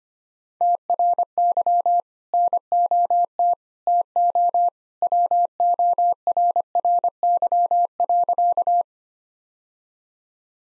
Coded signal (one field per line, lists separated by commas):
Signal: Morse code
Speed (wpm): 25 wpm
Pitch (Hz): 700 Hz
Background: none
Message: TRY NOT TO WORRY.